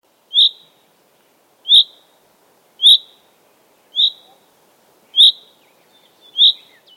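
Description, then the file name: Common chaffinch calls, a sharp high note repeated roughly every 1.2 seconds, six times in a row, with faint low background hiss. "Fringilla coelebs"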